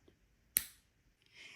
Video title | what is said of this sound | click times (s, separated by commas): Creating a Valentine's Day Card with Loklik and Pens | and insert that into my adapter until it clicks. I don't know if you can hear that. | 0.6 s